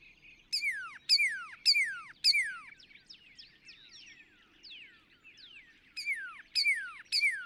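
Northern cardinal song: a run of four loud downslurred whistles, a softer series of quicker slurs, then three more loud falling whistles.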